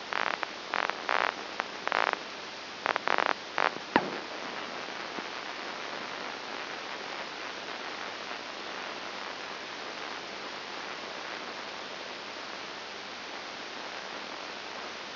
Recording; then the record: brain microelectrode recording played as sound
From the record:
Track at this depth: inside the subthalamic nucleus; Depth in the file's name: 4.102 mm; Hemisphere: left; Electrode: 2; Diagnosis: Parkinson's disease